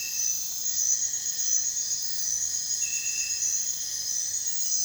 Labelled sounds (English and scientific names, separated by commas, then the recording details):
none
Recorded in dense forest near Puerto Asís, Putumayo, Colombia, on 29 June 2025 at 03:00
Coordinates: 0.468, -76.322
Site GP03